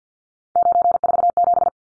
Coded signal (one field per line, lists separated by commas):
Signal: Morse code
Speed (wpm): 50 wpm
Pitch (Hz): 700 Hz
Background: none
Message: 947